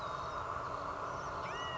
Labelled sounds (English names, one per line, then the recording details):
California Quail
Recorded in Sonoma County, California